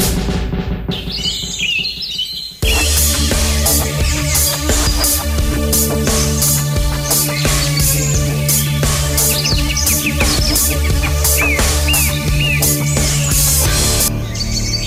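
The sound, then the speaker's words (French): Small birds chirp busily in quick, high-pitched bursts, layered over steady low tones that hum underneath, following a short, softer stretch at the very start. “Oh oui, les petits oiseaux sont contents que cette émission continue pour encore 1h30 environ.”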